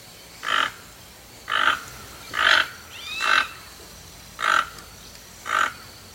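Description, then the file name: Toco toucan calling with rough, grating croaks, six spaced about a second apart; a brief whistled note from another bird sounds midway. "canto do tucano toco"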